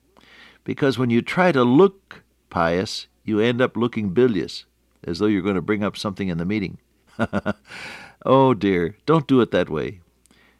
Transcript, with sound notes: Because when you try to look pious, you end up looking bilious, as though you’re gonna bring up something in the meeting. [chuckle] Oh, dear, don’t do it that way.